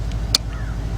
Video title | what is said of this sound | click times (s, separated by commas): Chevy Tahoe GMC Envoy Sierra Buick Lacrosse Cadillac Escalade 5.3 Oil Pressure Switch Replacement | Put it on and push it on till you hear a click | 0.3 s